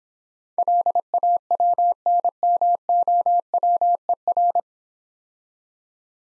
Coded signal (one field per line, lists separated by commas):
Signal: Morse code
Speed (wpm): 26 wpm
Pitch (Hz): 700 Hz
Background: none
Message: LAWNMOWER